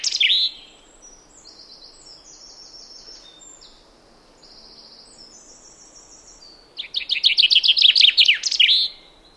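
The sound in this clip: Common chaffinch song near the end: a fast rattling series of descending notes, after a short loud burst and high thin notes earlier.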